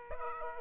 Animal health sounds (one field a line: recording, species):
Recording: mosquito wingbeat signal from an infrared sensor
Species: Aedes aegypti